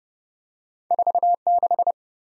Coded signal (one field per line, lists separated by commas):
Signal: Morse code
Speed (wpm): 30 wpm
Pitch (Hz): 700 Hz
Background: none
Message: 46